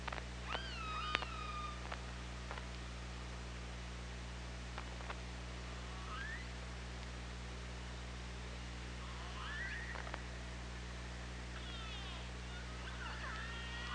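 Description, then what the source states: Killer whale calls underwater, a strong harmonic descending cry at the start, later several quicker swooping squeals, with occasional clicks and a steady low drone. Recorded on OrcaLab hydrophone, 24 August 2017, 18:03:36.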